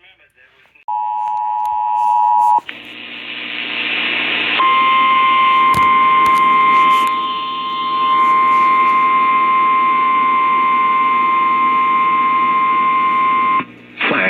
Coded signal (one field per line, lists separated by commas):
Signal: Emergency Alert System (SAME) tones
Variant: 853 and 960 Hz attention tone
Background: speech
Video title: EAS 6136-6172 EAS Alerts from (5/17/24-5/18/24)